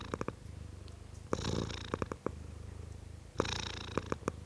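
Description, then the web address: Domestic cat purring, a low steady rumble broken by soft clicks, with louder breathy bursts near the middle and toward the end. Tom cat, a male domestic cat, purring. "The BBC Sound Effects Library. Tom Cat, Purring"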